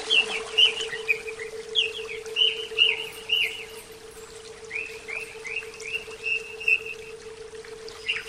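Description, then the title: Oriental magpie-robin singing a soft, rambling series of short whistled notes and slurs, steady in pitch, over a steady low hum. "Kicau Kacer"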